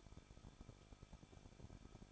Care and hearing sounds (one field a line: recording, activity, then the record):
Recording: daily activity, microphone in the room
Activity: no activity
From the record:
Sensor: 5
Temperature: 20.9 degrees Celsius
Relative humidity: 38.3%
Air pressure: 1006.4 hPa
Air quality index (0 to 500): 190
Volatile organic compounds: 20 ppm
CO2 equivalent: 2675 ppm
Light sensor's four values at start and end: 2/3/1/1 and 2/3/1/1